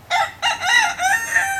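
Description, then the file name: Rooster crowing a single quick, hoarse cock-a-doodle-doo in several syllables. "kukko"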